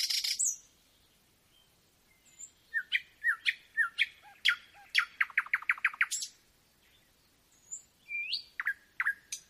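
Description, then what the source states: Nightingale song: a loud burst, scattered clear notes, then a fast series of sharp repeated notes, a pause, and further whistles. Singing at night; nocturnal performance.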